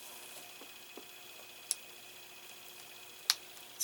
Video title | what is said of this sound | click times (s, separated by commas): Agora Models Shelby GT500 Super Snake Pack 5 - 8 Stages Complete (31-38) | snap in place okay it's | 1.7 s, 3.3 s